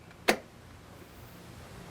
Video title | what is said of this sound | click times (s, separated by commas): Maintenance Minute - Draining the Fuel Filter | twist it until you hear a click, | 0.3 s